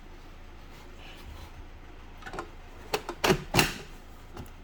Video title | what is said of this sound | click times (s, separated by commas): LG UltraGear QHD Gaming Monitor 27GR83Q #Unboxing #LGMonitorsJulyInsiders | So that just snaps right in place. | 3.2 s